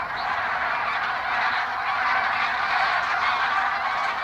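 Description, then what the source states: Bean Goose flock calling in flight, a dense, continuous cackling and babbling chorus of many overlapping honks with no pauses. Flocks in flight give an indistinct cackling or babbling.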